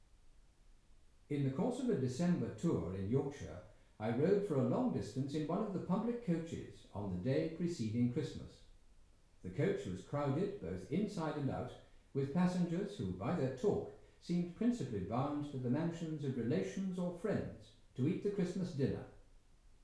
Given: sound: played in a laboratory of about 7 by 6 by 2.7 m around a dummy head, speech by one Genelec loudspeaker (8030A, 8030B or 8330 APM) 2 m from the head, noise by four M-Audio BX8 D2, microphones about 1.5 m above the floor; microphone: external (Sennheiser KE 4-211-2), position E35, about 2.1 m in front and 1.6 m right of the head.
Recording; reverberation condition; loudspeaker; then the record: male speech in English; medium; 30 degrees to the right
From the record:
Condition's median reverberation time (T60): about 510 ms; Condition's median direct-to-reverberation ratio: about -0.5 dB